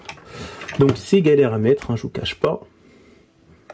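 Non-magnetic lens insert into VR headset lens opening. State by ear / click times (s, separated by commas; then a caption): not seated / none. A non-magnetic prescription lens insert is being handled for clipping into the lens opening of a Meta Quest 3 VR headset. Someone talks throughout, with faint handling ticks near the start and a sharp tick at the very end. Nothing has seated or clicked yet.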